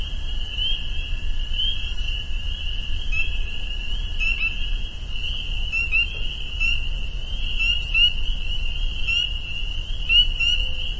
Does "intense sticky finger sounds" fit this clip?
no